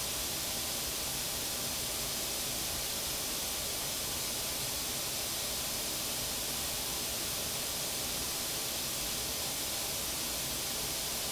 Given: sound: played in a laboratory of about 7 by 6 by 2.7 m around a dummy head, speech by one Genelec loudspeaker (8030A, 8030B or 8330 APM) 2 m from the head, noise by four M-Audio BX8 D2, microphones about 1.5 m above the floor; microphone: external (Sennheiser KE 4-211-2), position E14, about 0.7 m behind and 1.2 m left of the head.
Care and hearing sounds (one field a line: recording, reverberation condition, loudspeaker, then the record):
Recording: white noise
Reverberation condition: low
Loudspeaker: four, about 170 cm from the corners of the room and facing them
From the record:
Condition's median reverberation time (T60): about 310 ms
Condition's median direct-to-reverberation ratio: about 3.5 dB